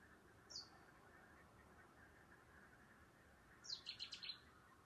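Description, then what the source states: Bird call: a single high downslurred note, then after about three seconds a rapid series of several bright chirps over faint hum. Calling at night.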